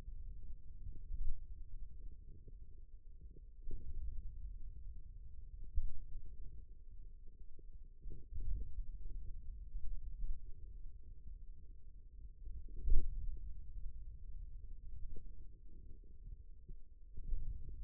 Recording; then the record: forearm muscle sounds (acoustic myography)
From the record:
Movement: pen grasping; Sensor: system 2, bracelet of six BSWA MPA416 microphones around the upper forearm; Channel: 3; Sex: male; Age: 22 years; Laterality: right